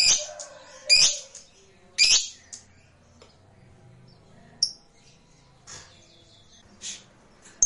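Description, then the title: Lovebird giving scattered sharp, high squeaky chirps and short squawks, separated by quiet gaps. Meant to stimulate a lazy, quiet lovebird so that it eagerly and spontaneously starts singing in the sustained 'narik' style. "LOVEBIRD Malas Bunyi JADI GREGET SPONTAN Langsung NARIK"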